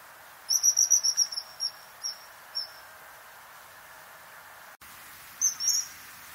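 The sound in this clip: Bird chirps, a quick fast-paced series of high notes that slows and thins out, then a brief click and a short final flurry.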